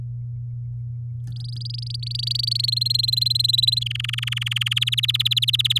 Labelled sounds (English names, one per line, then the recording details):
Domestic Canary song
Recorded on 8 May 2018 at 10:32
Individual llb16